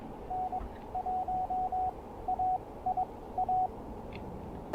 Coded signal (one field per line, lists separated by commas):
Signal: Morse code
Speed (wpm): 22 wpm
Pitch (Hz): 740 Hz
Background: radio noise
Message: N1AIA